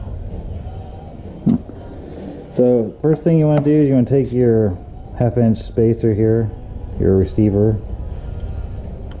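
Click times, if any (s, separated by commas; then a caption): 9.1 s. A half-inch metal spacer is set down into the hole of a coin ring punch's receiver while someone talks. It pops into place with a short click at 9.1 s and sits snug.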